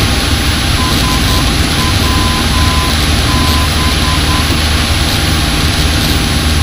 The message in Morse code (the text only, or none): SWB